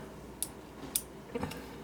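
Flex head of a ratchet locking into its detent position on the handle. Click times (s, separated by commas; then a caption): 0.4 s, 1.0 s. The steel flex head of a 3/8 locking flex-head ratchet is swung between positions on the handle, giving sharp, bright metallic clicks at 0.4 s and 1.0 s as it snaps into its locking detent. Two softer ticks follow around 1.4–1.5 s, and the head is locked in place.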